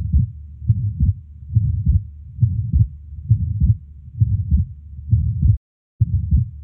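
Adult heart heard by stethoscope at the left base, about 67 beats per minute, in atrial septal defect.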